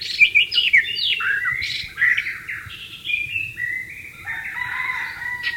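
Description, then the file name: White-rumped shama song of rapid varied notes at first, shifting into longer drawn-out whistles, with a second softer whistle line near the end. "suara burung murai batu di alam liar"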